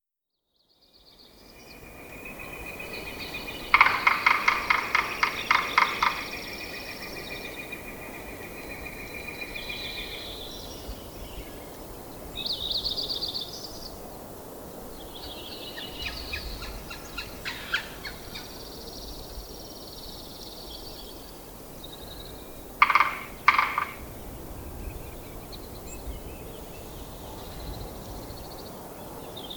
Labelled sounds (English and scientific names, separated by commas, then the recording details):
Red-naped Sapsucker (Sphyrapicus nuchalis) drumming
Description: Red-naped Sapsucker drum recorded in Horseshoe Park in Rocky Mountain National Park
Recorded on 19 May 2016